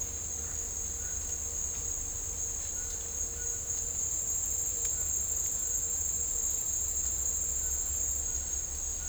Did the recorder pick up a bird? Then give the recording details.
yes. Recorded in dense forest near Puerto Asís, Putumayo, Colombia, on 20 December 2024 at 09:00. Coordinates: 0.499, -76.324. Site G045